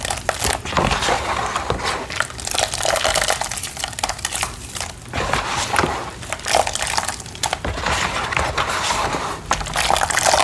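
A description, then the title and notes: Soft dyed gym chalk is crushed in a dense run of flaky crunches and crumbles that continues without pause. The crackling is bright and busy, with low thuds underneath and slightly louder bursts of pressing around two, six and seven seconds. Black Dyed Chalk Crush. Satisfying Soft Flaky Crunchy Dyed Gym Chalk Crushing.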